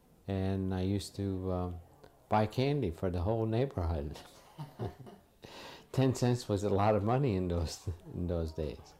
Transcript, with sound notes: and I used to buy candy for the whole neighborhood. [Laughs] Ten cents was a lot of money in those — in those days.